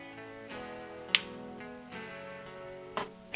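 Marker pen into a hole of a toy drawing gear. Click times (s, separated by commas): 1.1 s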